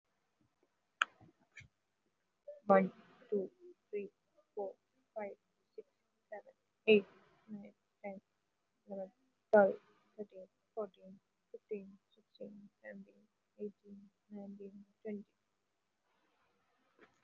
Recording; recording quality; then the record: counting at a normal pace; moderate, slight background noise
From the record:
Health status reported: healthy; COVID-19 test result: not tested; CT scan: not taken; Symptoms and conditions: none ticked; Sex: female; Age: 26 years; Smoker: no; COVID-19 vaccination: both doses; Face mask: worn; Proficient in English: yes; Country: India